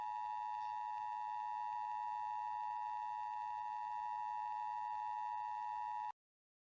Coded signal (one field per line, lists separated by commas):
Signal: Emergency Alert System (SAME) tones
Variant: 853 and 960 Hz attention tone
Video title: EAS Mock Scenario - White Christmas Mayhem